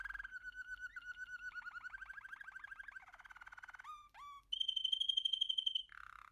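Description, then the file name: American canary song: long rolling trills at steady pitch, shifting to quick rising sweeps, then a bright high ringing trill, ending on a lower buzzy roll. "canto do canario americano"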